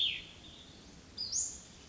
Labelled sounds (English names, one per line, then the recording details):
Cassin's Vireo
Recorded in Sonoma County, California